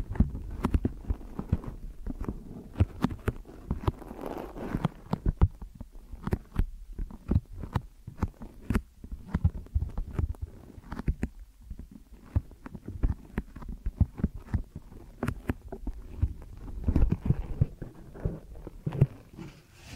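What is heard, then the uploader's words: Deep ear massage sounds: dense, irregular taps and soft rubbing thuds, mostly low and muffled, with brief quieter pauses throughout. ASMR Deep Ear Massage for Sleep(No Talking).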